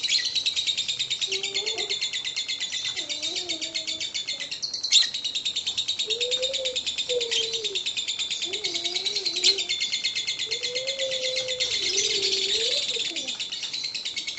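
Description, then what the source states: Lovebird ngekek song: a long, unbroken, rapid buzzy chatter that stays high and steady throughout, with soft lower whistled notes in the background. Lovebird ngekek song, described as very long, used as kicau pancingan, a bait song to prompt other lovebirds to sing.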